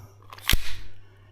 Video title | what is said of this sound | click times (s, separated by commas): We Set A New Record! Krytac Maxim 9 - The Gauntlet | It will lock in. | 0.5 s